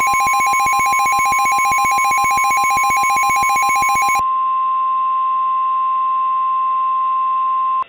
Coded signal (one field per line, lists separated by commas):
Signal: Emergency Alert System (SAME) tones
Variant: 1050 Hz attention tone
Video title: EAS Scenario: Parkland High